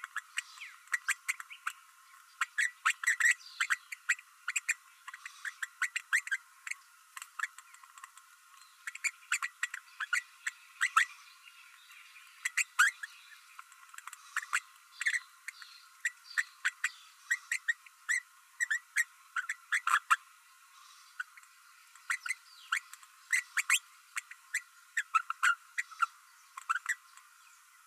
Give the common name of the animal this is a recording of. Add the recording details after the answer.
Green-rumped Parrotlet. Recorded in a nest box in Venezuela. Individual 18B12A3